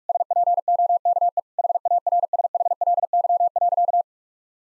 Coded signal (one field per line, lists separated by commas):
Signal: Morse code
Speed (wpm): 41 wpm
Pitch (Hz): 700 Hz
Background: none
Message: SPOKE HARSHLY.